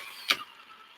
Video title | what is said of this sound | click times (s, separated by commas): TRX-6 RC Rock crawler 6x6 Unboxing - Traxxas - #askHearns | You really hear the click, can't you? Yeah, That's it. it's quite a solid mechanical thud. | 0.3 s